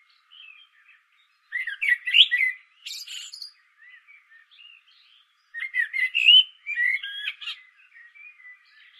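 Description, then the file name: Common blackbird song, two rich fluty phrases each closing with a high squeaky twitter, with softer notes in between. "Turdus merula"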